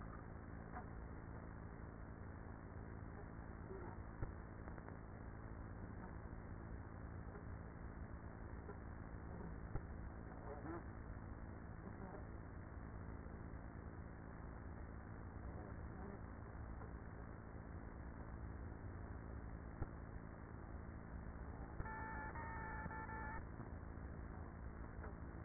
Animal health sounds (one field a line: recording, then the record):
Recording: honeybee colony, microphone inside the hive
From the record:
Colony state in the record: queenless with a low population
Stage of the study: after two queens were removed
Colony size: about 30,000 bees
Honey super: no